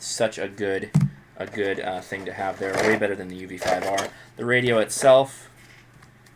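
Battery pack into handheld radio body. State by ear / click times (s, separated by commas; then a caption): not seated / none. Someone talks while a 2100 mAh plastic battery pack is handled at the back of a handheld ham radio, about to be slid on until it latches. Faint handling ticks are heard near the end, around 6.0 s and 6.3 s. Nothing has seated or clicked yet.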